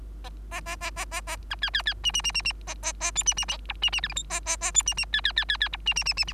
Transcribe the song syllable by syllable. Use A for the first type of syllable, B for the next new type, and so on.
A A A A A A B C C C D D D D D A A A E D D F D D G H I A A A E D D C C C C C F D D D D G